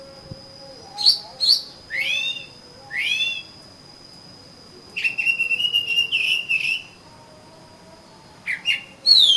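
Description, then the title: Oriental magpie-robin song: several short whistled slurs, then a longer trilled phrase and a few more notes, with a steady high hum through the first half. "Kacer Kacer"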